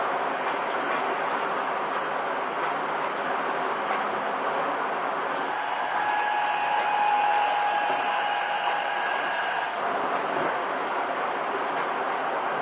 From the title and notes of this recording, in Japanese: 西武6000系 和光市〜新木場。1991年度から1995年度までに製造された6101F - 6117Fの車体は軽量ステンレス製。